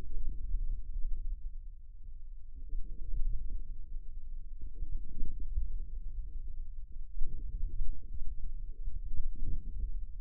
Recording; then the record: forearm muscle sounds (acoustic myography)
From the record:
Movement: inward rotation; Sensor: system 2, bracelet of six BSWA MPA416 microphones around the upper forearm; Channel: 1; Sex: male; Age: 22 years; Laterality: right